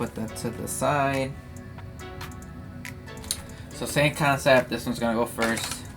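The front screen frame of a rugged plastic phone case for the iPhone 13 Pro or 13 Pro Max is handled, ready to be pressed onto the phone first. Someone talks, and a few light handling taps are heard around 2.9 and 3.3 seconds. Nothing has seated or clicked yet.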